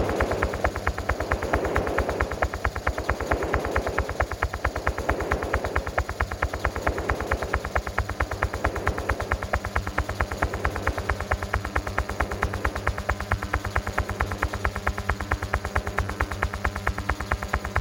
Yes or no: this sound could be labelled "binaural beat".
yes